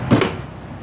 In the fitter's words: เรียบร้อยที่คือล็อคแล้วเรียบร้อยนะฮะนี่เปิดไม่